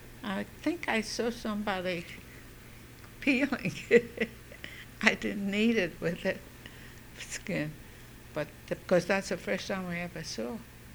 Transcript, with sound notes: I think I saw somebody peeling it. ( she laughs ) I didn't eat it with the skin. But, of course, that's the first time I ever saw --.